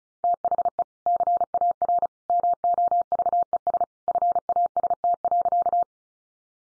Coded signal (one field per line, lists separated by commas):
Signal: Morse code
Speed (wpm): 34 wpm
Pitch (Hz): 700 Hz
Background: none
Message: THE CAR MOVES FAST.